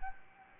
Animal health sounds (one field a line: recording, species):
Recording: mosquito wingbeat signal from an infrared sensor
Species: Anopheles gambiae